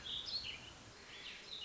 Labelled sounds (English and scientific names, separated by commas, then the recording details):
Warbling Vireo (Vireo gilvus)
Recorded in Sonoma County, California